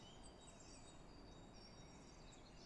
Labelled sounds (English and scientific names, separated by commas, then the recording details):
Great Tit (Parus major)
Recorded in Germany
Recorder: ecoPi